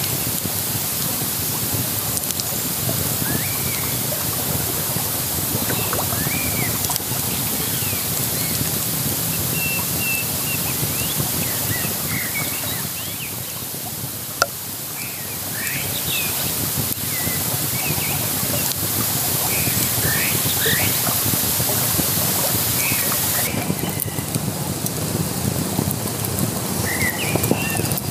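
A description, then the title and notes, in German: Steady rushing water and crackling fire fill the recording while short bird chirps and calls pop up repeatedly, a sharp snap near fourteen seconds. Lagerfeuer an der Isar.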